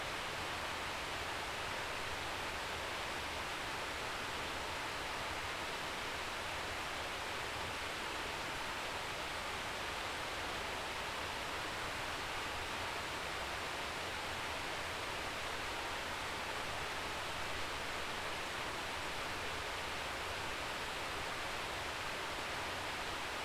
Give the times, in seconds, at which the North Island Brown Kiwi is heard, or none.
none